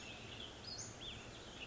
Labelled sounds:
Western Flycatcher (Empidonax difficilis)
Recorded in Sonoma County, California

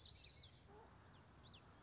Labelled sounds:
Common Yellowthroat (Geothlypis trichas)
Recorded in Sonoma County, California

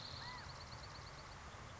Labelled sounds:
California Quail (Callipepla californica)
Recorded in Sonoma County, California

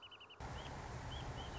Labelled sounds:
Wrentit (Chamaea fasciata)
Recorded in Sonoma County, California

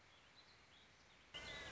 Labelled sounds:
Warbling Vireo (Vireo gilvus)
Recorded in Sonoma County, California

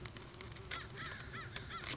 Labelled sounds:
American Crow (Corvus brachyrhynchos)
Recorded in Sonoma County, California

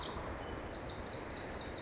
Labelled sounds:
Pacific Wren (Troglodytes pacificus)
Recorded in Sonoma County, California

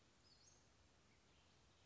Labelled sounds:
Western Flycatcher (Empidonax difficilis)
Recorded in Sonoma County, California

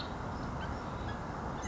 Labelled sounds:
California Quail (Callipepla californica)
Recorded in Sonoma County, California

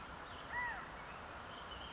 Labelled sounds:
California Quail (Callipepla californica)
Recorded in Sonoma County, California

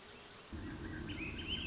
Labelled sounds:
Swainson's Thrush (Catharus ustulatus)
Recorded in Sonoma County, California

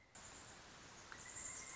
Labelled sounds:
Pileated Woodpecker (Dryocopus pileatus)
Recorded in Sonoma County, California

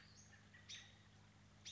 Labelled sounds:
Western Flycatcher (Empidonax difficilis)
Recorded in Sonoma County, California

